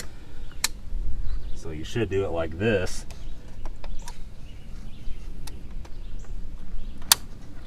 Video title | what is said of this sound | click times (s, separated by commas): BMW E39 M52 M54 Complete Thermostat Replacement 520i 523i 525i 528i 530i | like that and you should be able to hear a good autoo click so that's all reinstalled so we're done with that | 7.1 s